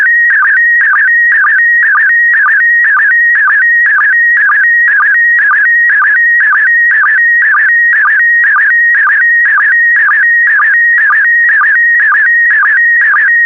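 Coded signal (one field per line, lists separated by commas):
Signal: SSTV (slow-scan television)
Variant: PD120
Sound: steady high whine broken twice a second by low chirping warbles, rhythmic and continuous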